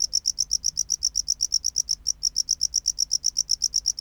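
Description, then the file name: Tropical house cricket: brisk, bright chirps in a rapid, even series, with one small break partway through. "Bio Acoustica. Gryllodes sigillatus"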